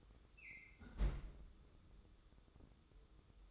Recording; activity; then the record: daily activity, microphone in the room; close fridge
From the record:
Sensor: 3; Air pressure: 995.2 hPa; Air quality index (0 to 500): 79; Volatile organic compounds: 6 ppm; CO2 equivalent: 1874 ppm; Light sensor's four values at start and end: 20/56/24/21 and 20/57/24/21